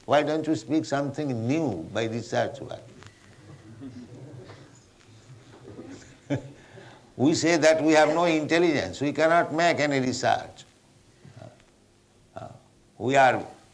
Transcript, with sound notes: Why don't you speak something new by research work?" [chuckles] We say that we have no intelligence; we cannot make any research. We are...